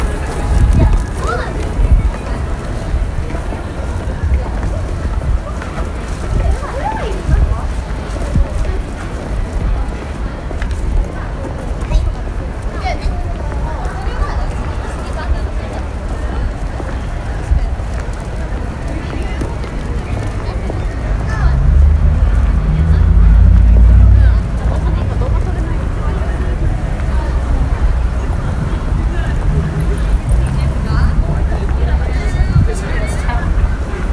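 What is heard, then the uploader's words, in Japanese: A street ambience recorded in Shibuya, filled with a steady wash of overlapping voices and a constant low traffic rumble. Around 21 to 25 seconds a heavier vehicle swells in with a deep growl, then the crowd chatter carries on at an even level. The original stems recorded at 24:00 on Oct.Halloween period.渋谷にて録音したアンビエント（フィールドレコーディング）トラック。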